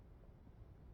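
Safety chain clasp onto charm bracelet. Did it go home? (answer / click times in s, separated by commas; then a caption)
no / none. A metal safety chain clasp is being handled as one end is clipped onto a charm bracelet. Only a steady, low rumbling background noise is heard, with no distinct transients. Nothing has clicked shut or seated yet.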